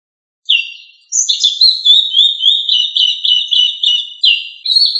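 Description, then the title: Thrush song, a long run of rapid high warbling and twittering notes after a brief opening phrase, continuous and varied with no other sounds. "Familia Turdidae - Sabia"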